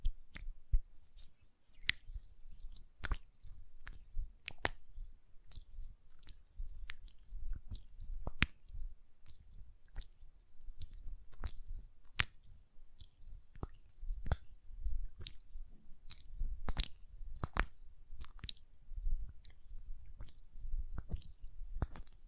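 Hand sounds with quick nail taps and wet, squishy lotion noises, sharp clicks landing irregularly about twice a second over a soft low rumble.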